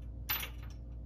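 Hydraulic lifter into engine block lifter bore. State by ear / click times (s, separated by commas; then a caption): not seated / none. While a metal hydraulic lifter is being installed into its lifter bore in a Ford Y-block V8 engine block with the engine still in the car, it slips and falls with a sharp metallic clunk at about 0.3 s that rings briefly over a low steady hum. The lifter misses its bore and nothing has seated, so it has to be pulled back out with a magnet.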